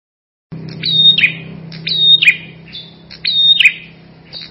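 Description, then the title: Ashy tailorbird song: after a brief silence, three loud phrases of a thin high whistle followed by a falling twittery trill, plus the start of a fourth. "Suara Prenjak Kepala Merah"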